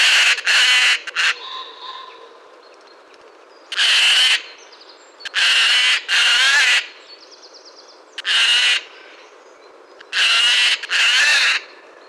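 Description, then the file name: Eurasian jay with repeated loud, scratchy screeches, often in pairs, separated by pauses of a second or more. "Garrulus glandarius"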